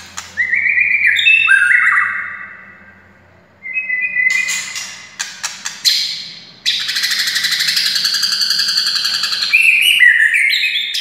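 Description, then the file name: White-rumped shama giving stepped whistles and clicks, then a long harsh, buzzy rattling passage mixed with whistles; faint low hum throughout. Wild, native forest bird. "suara murai hutan asli"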